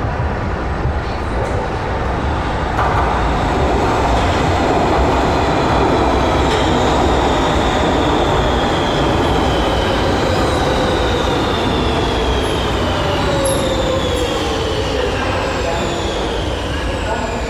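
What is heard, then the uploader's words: A city square filled by a passing tram or train, its heavy rumble steady for the whole stretch. High wheel squeals rise and glide over the noise, with sharper thin squeaks near the end. En Plein Publiek is a series of 4 soundscapes for 'Soundpiece' - a loudspeaker installation underneath the Schouwburplein (square in front of the Municipal Theater) in Rotterdam. The four pieces are based on sound recordings of other squares in the city of Rotterdam, made during the summer of 2011.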